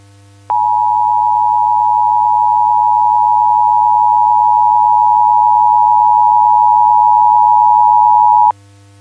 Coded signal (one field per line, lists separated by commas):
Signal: Emergency Alert System (SAME) tones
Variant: 853 and 960 Hz attention tone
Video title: EAS Scenario Christmas Special: Holiday Havoc